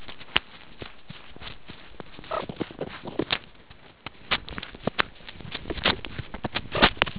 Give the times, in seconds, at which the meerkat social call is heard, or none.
none